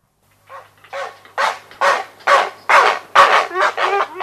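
Grey heron harsh croaking calls, rough barking notes repeated about twice a second, growing louder at first.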